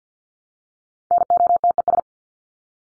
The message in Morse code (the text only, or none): NOTES